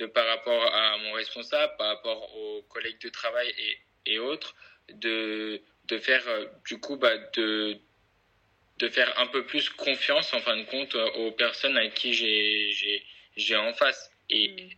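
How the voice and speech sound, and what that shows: A 24-year-old man who stutters speaks French in bursts, with whole-word repetitions of "de" and "j'ai", drawn-out filler sounds and silent pauses of up to a second. These repeats, prolongations and pauses are stuttering, a disorder of speech fluency. His stutter was already marked by about age 15, worsens when he is tired, and has been treated with speech therapy and theatre.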